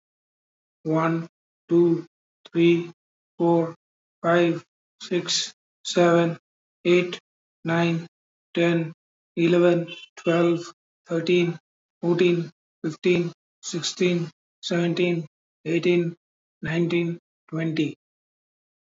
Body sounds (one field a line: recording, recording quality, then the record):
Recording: counting at a normal pace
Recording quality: excellent, no background noise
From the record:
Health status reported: healthy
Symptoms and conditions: diabetes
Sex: male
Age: 49 years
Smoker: not ticked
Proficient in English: yes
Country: India